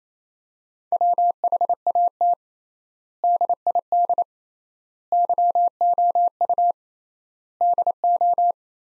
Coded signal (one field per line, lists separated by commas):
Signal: Morse code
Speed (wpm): 27 wpm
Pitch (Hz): 700 Hz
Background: none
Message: WHAT DID YOU DO